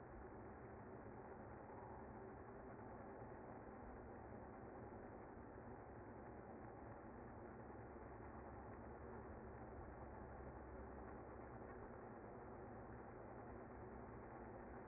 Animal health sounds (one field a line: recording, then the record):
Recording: honeybee colony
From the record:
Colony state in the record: active